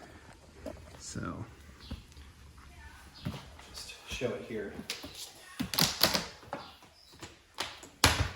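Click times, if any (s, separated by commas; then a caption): 8.0 s. An interlocking plastic garage floor tile is pressed down onto the connectors of the adjacent tile while someone talks, with several soft knocks and handling sounds. The tile snaps into its neighbour and locks in with a sharp click at 8.0 seconds.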